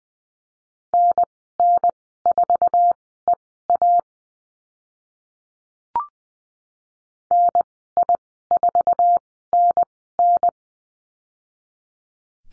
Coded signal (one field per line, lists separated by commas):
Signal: Morse code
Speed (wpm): 20 wpm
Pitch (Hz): 700 Hz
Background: none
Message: NN4EA NI4NN